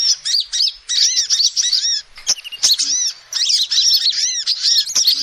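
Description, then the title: Lovebird chattering calls, rapid high squeaky arched notes in dense bursts with brief pauses, plus a few sharp clicks. Lovebird calls used as a lure to trap birds. "PIKAT BURUNG LOVEBIRD"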